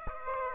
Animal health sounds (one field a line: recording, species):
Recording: mosquito wingbeat signal from an infrared sensor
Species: Aedes aegypti